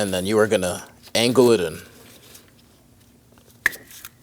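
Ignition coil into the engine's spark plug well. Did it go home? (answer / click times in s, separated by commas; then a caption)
yes / 3.7 s. An ignition coil on a 2009-2017 Audi Q5 2.0L L4 is angled into the cylinder head and pressed down into the spark plug well onto the spark plug. Someone talks at the start, then after a quiet stretch a sharp click at 3.7 s shows the coil seating into place, followed by a few faint handling sounds.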